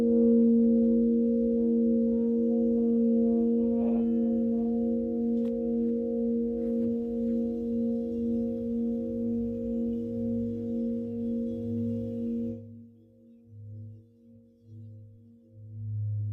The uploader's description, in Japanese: チベットのシンギングボウルの音